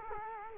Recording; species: mosquito wingbeat signal from an infrared sensor; Culex quinquefasciatus